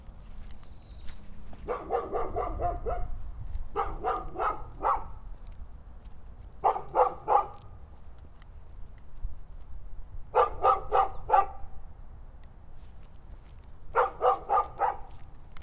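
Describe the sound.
Dog barking in quick bursts of several barks, five volleys separated by pauses, with a low background rumble.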